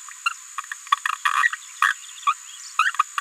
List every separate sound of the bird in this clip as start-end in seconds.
0.26-0.30, 1.33-1.49, 1.52-1.55, 1.82-1.93, 2.27-2.33, 2.79-2.91, 2.99-3.03